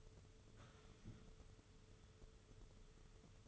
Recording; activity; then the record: daily activity, microphone in the room; sit down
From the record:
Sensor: 4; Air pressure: 995.3 hPa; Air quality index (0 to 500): 218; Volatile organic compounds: 273 ppm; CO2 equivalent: 4419 ppm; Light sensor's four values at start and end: 19/48/19/23 and 15/37/14/17